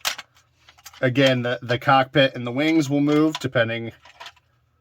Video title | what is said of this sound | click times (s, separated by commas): Jango Fett Micro Galaxy Squadron Unbox #starwars #jangofett #starship #space #toys #collectibles | loading ramp, and that'll just click into place. | 0.1 s